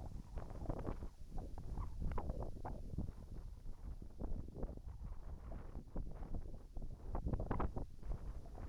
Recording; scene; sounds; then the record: everyday scene through a hearing-aid microphone; wind on the microphone; wind, whistling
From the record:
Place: in front of a rural house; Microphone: behind the ear, right, rear